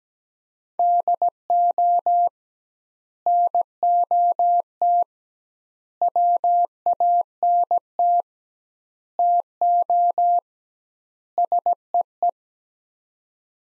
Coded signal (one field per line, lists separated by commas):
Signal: Morse code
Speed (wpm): 17 wpm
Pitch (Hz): 700 Hz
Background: none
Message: DO NOT WANT TO SEE